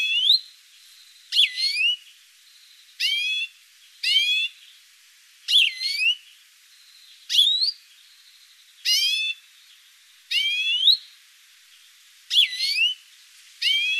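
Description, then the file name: European greenfinch repeating nasal, slurred calls, some doubled, roughly one every one and a half seconds. "Chloris chloris"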